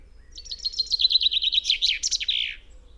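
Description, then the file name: Common chaffinch song: a run of quick bright notes falling slightly in pitch and ending in a brief flourish, lasting about two seconds. "Fringilla coelebs"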